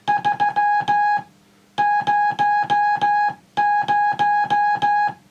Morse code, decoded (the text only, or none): 300